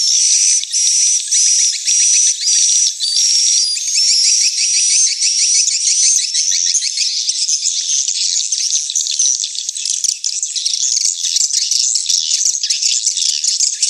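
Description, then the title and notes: Many swiftlets chirp and twitter at once, with quick whistled notes repeated over a constant high buzzy chatter. Swiftlet house lure sound, Tien Giang, Vietnam. "Am thanh nha yen Akau Vietnam - Tien giang. Những âm thanh chim yến thuộc thương hiệu AKAU"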